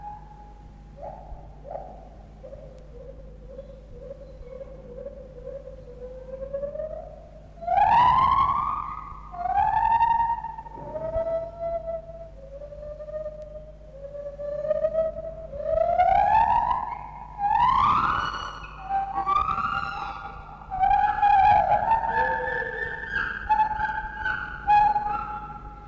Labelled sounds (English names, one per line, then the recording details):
Lar Gibbon
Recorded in captivity
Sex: pair
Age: adult
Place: Zoo Berlin, Berlin, DE
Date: 1960-11-05 12:00
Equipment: Minifon, Kopie Smaragd
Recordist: Tembrock, Günter
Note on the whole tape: Paar: Rufreihen nach Fütterung, sie beginnt (dunklere Crescendo-Reihe; zweistrophig) er fällt ein (hellere zweisilbige Laute, auch Triller). Sie zwischen den Rufreihen dunkle klangvolle Einzellaute. Abstand 6 - 9 m